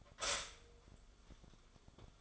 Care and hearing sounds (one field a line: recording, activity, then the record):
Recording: daily activity, microphone in the room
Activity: stop toaster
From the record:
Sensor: 5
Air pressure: 1014.8 hPa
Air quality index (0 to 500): 206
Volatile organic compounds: 9 ppm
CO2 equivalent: 2191 ppm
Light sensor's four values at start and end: 14/33/13/12 and 14/33/13/12